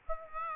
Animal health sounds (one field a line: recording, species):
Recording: mosquito wingbeat signal from an infrared sensor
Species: Aedes aegypti